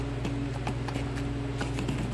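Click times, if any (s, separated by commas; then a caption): none. A clutch release (throwout) bearing on a 2007 Ford Focus 2.0 is being handled and pushed over the splines onto the transmission input shaft and housing during a clutch replacement. Several short knocks and taps are heard over a steady low hum. Nothing has seated or clicked yet.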